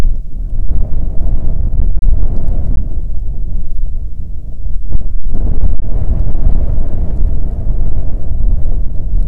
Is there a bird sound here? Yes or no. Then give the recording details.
no. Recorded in the Prudhoe Bay oil fields, Alaska, on 5 June 2019 at 00:03. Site 13